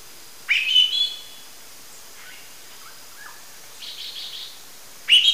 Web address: Natures Songs S America Eastern Lowlands. Turdus lawrencii, calls or song